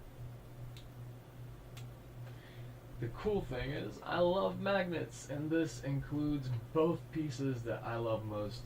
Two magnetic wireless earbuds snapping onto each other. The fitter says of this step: of the cool things right off the bat that you will see is that these are magnetic and makes really nice little clicks every time you put them together